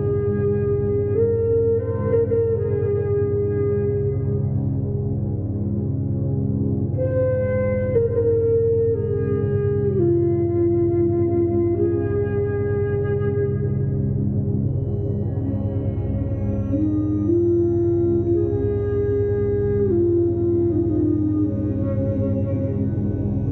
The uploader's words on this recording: Morning binaural beats tuned to the beta frequency range. Brainwave entrainment tones.